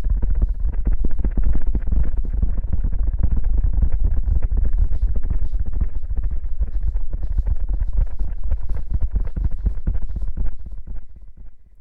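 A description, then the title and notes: Water sloshes in a bottle being shaken, a dense run of quick, irregular low thumps and splashes with a muffled rumbling quality. Loud and fairly steady for about ten seconds, it then tapers off and fades out near the end. Shaking water bottle & Ear massage.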